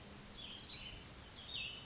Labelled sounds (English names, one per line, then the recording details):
Cassin's Vireo
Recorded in Sonoma County, California